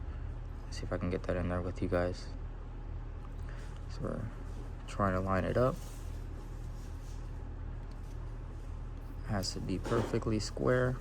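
Someone talks while lining up a crimped terminal pin square with its cavity in the cam position sensor plug housing of a BMW 335i, ready to push it in. Two faint, brief ticks come at about 3.2 and 3.5 seconds over a steady low hum. The pin has not seated or clicked yet.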